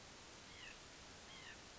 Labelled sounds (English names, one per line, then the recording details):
White-breasted Nuthatch
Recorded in Sonoma County, California